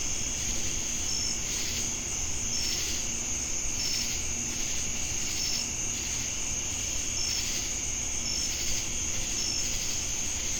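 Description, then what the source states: Crickets keep up an unbroken high drone while brief whistled chirps recur irregularly and a wavering insect buzz swells and fades over low rumble. Crickets heard together with cicadas in Jamestown, North Carolina, USA, on 10 August 2018.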